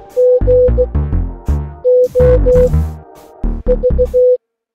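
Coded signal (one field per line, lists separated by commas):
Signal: Morse code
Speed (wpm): 16 wpm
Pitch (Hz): 500 Hz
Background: music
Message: GOV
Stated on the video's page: Morse from a computer game about a haunted AI.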